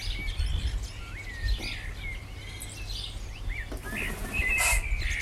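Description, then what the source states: Birds singing, several short whistled notes and rising slurs overlapping with scattered chirps, over a steady low hum. Recorded in the morning.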